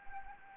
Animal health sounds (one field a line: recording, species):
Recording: mosquito wingbeat signal from an infrared sensor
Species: Anopheles arabiensis